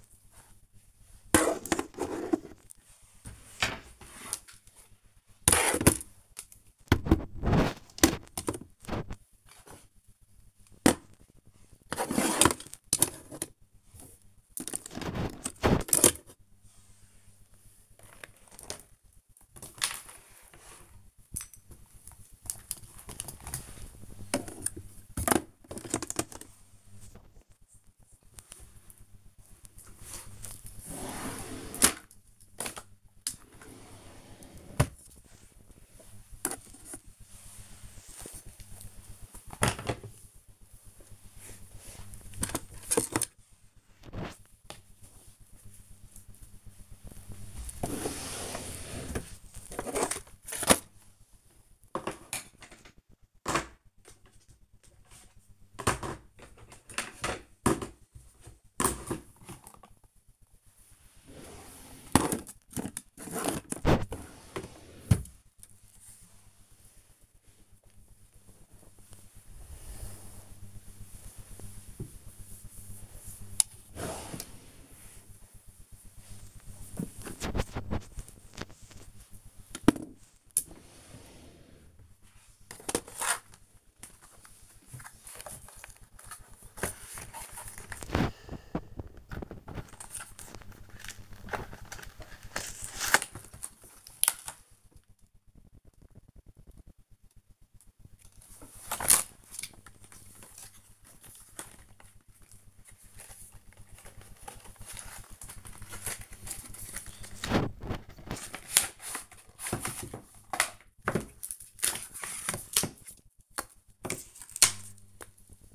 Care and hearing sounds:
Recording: household activities, microphone on the right wrist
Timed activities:
0.00-65.87 s: tidy up the cupboard
67.89-115.75 s: tidy up the cupboard

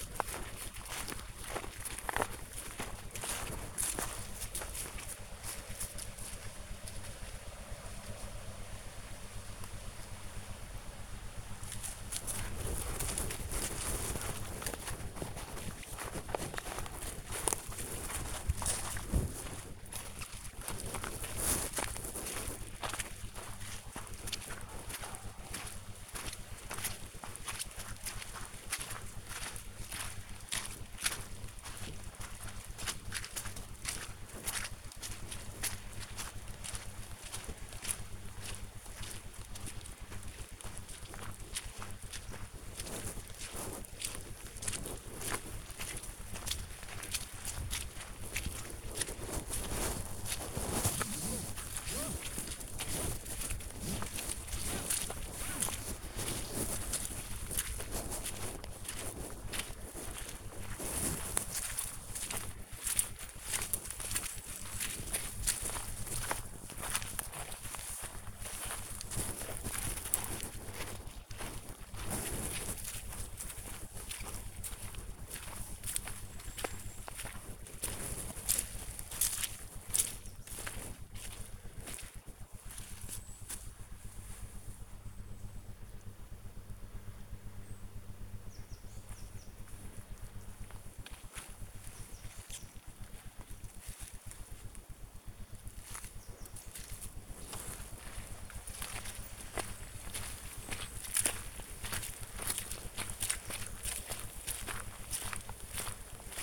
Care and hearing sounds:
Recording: household activities, microphone on the right wrist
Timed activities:
0.00-106.42 s: going for a walk with dog

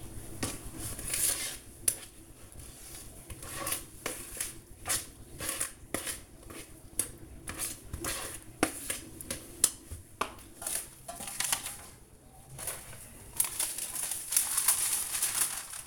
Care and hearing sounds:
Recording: household activities, microphone on the right wrist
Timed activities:
0.00-15.87 s: baking

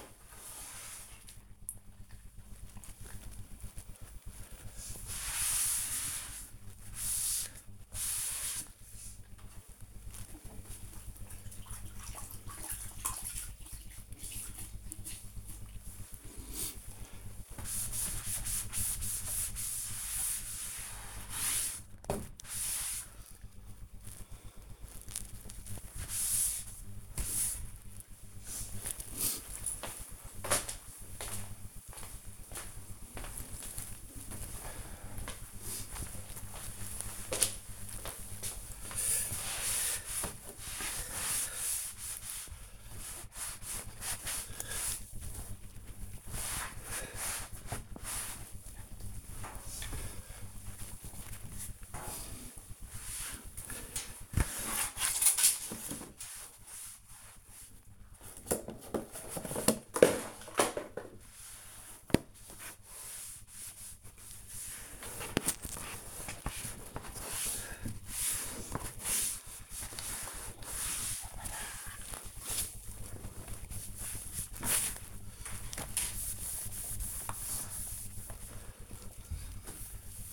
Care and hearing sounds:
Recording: household activities, microphone on the right wrist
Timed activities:
0.00-34.44 s: cleaning the cupboard
39.47-80.33 s: cleaning the cupboard

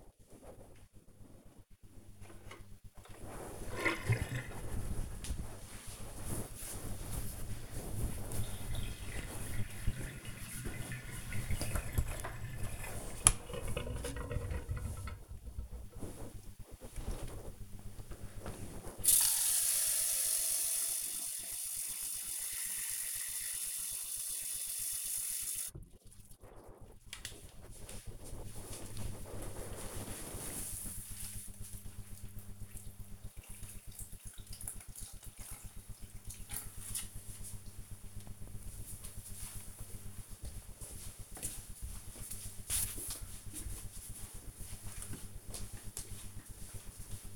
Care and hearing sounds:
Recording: household activities, microphone on the right wrist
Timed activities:
16.28-47.36 s: watering plant

